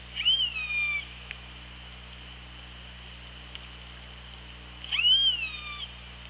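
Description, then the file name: Orca calls: two rising, harmonic squealing calls that bend upward then level off, about five seconds apart, over a steady hiss and low hum. Recorded on the OrcaLab hydrophone, 24 August 2017 at 16:01. "Orca Lab UTLN JASON 20170824 160142"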